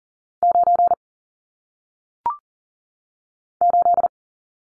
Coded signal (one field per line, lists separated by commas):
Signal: Morse code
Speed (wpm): 40 wpm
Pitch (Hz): 700 Hz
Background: none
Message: 9 8